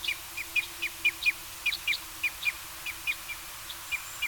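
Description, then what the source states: Red Crossbill calls, a quick series of short, clipped kip notes at uneven intervals, with a low steady hum behind. Red Crossbill of call type N.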